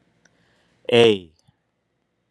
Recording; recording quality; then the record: sustained vowel as in made; excellent, no background noise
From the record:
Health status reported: respiratory illness, not identified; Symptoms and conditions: asthma, hypertension, diabetes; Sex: male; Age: 59 years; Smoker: not ticked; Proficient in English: yes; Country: United States